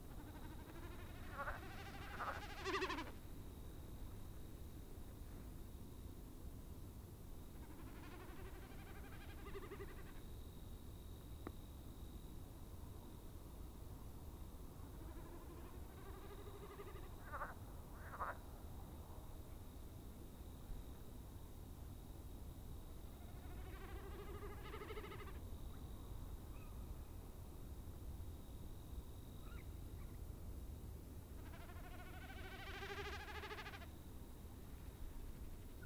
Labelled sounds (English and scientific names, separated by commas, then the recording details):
Common Snipe (Gallinago gallinago)
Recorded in the wild
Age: adult
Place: Gartz (Oder), Nationalpark Unteres Odertal, Brandenburg, DE
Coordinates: 53.13, 14.3552
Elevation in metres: 1
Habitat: wetland
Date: 2016-04-21 23:21
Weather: clear, 8°C, almost windless
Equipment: Sound Devices 702, Sennheiser MKH 70, Rycote Windschutz
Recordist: Frommolt, Karl-Heinz